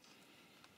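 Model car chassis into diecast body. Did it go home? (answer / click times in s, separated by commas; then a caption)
no / none. The plastic chassis of a 1:64 diecast kit car is forced into its metal body, producing a low, steady scraping hiss with faint ticks around 0.6 and 0.8 seconds. Nothing has snapped or seated yet; the chassis will not snap in.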